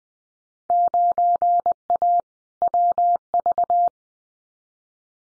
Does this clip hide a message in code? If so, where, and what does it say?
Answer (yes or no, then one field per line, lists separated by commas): yes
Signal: Morse code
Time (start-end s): 0.7-3.9 s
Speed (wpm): 20 wpm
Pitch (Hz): 700 Hz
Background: none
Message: 9A WV